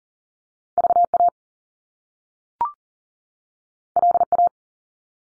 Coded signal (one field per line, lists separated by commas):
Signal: Morse code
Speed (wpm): 40 wpm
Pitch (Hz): 700 Hz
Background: none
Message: VA LA